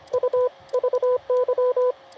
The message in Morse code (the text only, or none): U VY